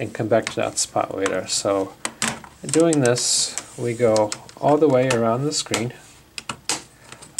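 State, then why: Released. Fingertips lift the plastic screen bezel of an Acer Aspire E11 laptop up and out while working around the display lid, popping its snap clips free. Someone talks through most of the clip, then sharp plastic snaps are heard at 6.4, 6.5, 6.7 and 7.4 seconds as the clips release.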